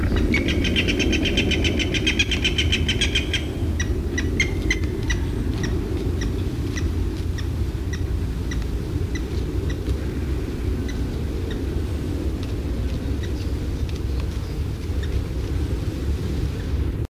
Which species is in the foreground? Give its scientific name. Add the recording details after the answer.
Picus canus. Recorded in the wild. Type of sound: call. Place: Berneburg (Sontra), Hessen, DE. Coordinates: 51.06, 9.88. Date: 1975-08-02. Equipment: Halbspur, 9,5 cm/s. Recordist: Lütgens, Hans. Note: Rufe